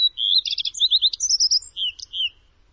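Bird song: a continuous jumble of high, fast trills, slurred whistles and chattering notes, lasting over two seconds.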